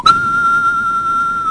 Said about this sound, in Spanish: Mientras se escuchan las llamadas de las pandillas a ritmo de silbido ese.